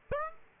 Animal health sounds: mosquito wingbeat signal from an infrared sensor; Aedes aegypti

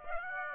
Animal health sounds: mosquito wingbeat signal from an infrared sensor; Aedes aegypti

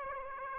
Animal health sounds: mosquito wingbeat signal from an infrared sensor; Aedes aegypti

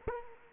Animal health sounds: mosquito wingbeat signal from an infrared sensor; Culex quinquefasciatus

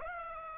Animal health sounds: mosquito wingbeat signal from an infrared sensor; Aedes aegypti

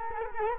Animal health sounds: mosquito wingbeat signal from an infrared sensor; Culex quinquefasciatus

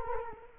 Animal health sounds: mosquito wingbeat signal from an infrared sensor; Culex quinquefasciatus

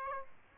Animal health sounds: mosquito wingbeat signal from an infrared sensor; Aedes aegypti

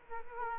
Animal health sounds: mosquito wingbeat signal from an infrared sensor; Culex quinquefasciatus

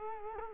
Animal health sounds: mosquito wingbeat signal from an infrared sensor; Culex quinquefasciatus

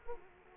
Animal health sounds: mosquito wingbeat signal from an infrared sensor; Culex quinquefasciatus

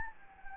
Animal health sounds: mosquito wingbeat signal from an infrared sensor; Anopheles gambiae

